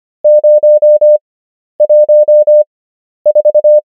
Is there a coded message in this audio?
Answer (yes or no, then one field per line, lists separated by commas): yes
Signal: Morse code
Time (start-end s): 0.2-3.8 s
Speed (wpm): 25 wpm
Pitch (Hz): 600 Hz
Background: none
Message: 014